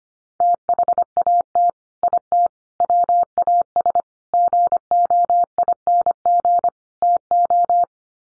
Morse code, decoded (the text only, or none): THAT IT WAS GOING TO